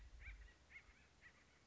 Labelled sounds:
Acorn Woodpecker
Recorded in Sonoma County, California

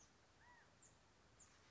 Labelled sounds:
California Quail
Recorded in Sonoma County, California

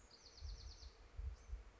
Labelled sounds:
Bewick's Wren
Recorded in Sonoma County, California

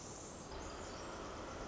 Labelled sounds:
Pacific Wren
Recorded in Sonoma County, California

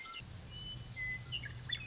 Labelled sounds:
Western Meadowlark
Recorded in Sonoma County, California

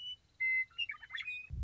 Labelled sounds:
Western Meadowlark
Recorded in Sonoma County, California

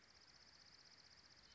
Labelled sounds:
Dark-eyed Junco
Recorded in Sonoma County, California

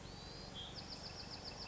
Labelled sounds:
Bewick's Wren
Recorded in Sonoma County, California

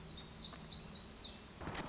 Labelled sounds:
Black-throated Gray Warbler
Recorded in Sonoma County, California

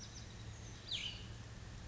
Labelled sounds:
Cassin's Vireo
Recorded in Sonoma County, California

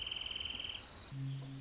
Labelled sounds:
Wrentit
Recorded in Sonoma County, California

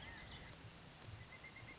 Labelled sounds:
Pileated Woodpecker
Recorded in Sonoma County, California

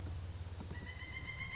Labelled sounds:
Pileated Woodpecker
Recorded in Sonoma County, California

